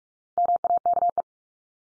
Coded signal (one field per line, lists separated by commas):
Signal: Morse code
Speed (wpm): 44 wpm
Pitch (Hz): 700 Hz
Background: none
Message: MAKE